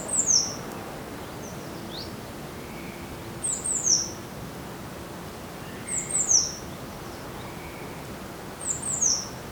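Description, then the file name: Eurasian blue tit giving four groups of high, thin, downward-slurred notes, with a few softer, lower sounds in between. "Cyanistes caeruleus"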